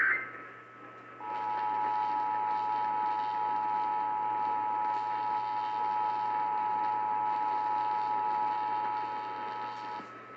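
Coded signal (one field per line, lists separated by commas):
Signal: Emergency Alert System (SAME) tones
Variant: 853 and 960 Hz attention tone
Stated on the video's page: Real EAS tones from severe weather alerts.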